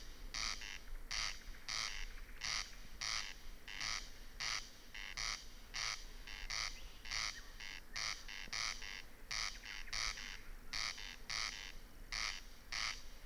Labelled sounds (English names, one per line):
Corn Crake